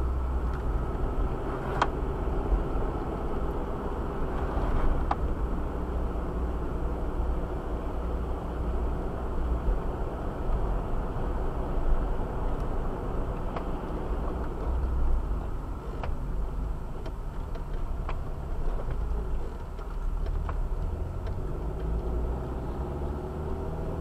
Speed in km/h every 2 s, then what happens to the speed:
33, 34, 33, 36, 36, 37, 37, 31, 16, 11, 9, 17.
0-13 steady at about 36. 13-18 brakes to 11. 20-24 speeds up to 17.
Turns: 4-22.